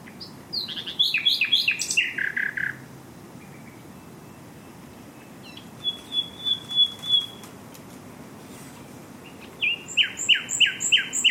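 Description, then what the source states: Common Nightingale song in varied bursts: sharp rising and falling notes, a sustained high whistle, then a run of loud repeated chirps near the end, with faint background hiss. Recorded live at Fingringhoe Wick.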